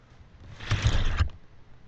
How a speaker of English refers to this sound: Ooh, a dryer.